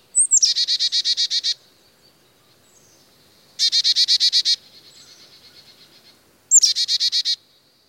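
Carolina chickadee giving harsh buzzy dee-dee-dee calls in three rapid bursts, the first and last opening with a thin high note, separated by short pauses.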